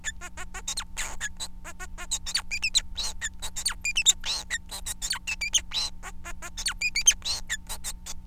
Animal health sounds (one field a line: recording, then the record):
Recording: song of a male Bengalese finch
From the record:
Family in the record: son of father 4